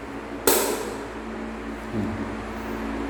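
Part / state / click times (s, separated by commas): hose or fitting into a water jet pump / seated / 0.5 s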